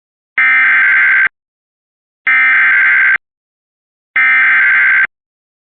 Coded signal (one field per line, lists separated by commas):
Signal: Emergency Alert System (SAME) tones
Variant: header bursts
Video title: EAS Alert From 6/12/25